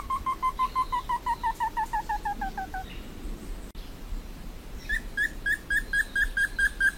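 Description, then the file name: Slaty bristlefront song: a quick run of clear whistled notes sliding gradually lower and ending, then after a short pause a new higher series begins. "Canto do entufado"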